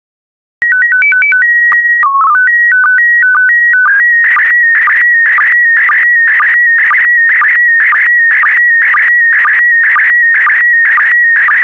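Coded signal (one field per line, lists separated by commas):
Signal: SSTV (slow-scan television)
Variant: PD 120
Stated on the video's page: SSTV PD120 images of birds sent as decoding practice.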